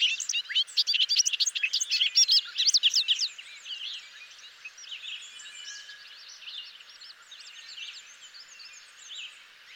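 Bobolink song, a loud rapid bubbling jumble of tinkling, metallic notes for about three seconds, then softer similar warbling continuing in the background.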